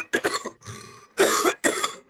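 Four or five harsh, raspy, guttural cough bursts come in quick succession, with a rough, throaty breath between them, heard close. This is an acted dry coughing fit from an adult, with no wet or rattling quality.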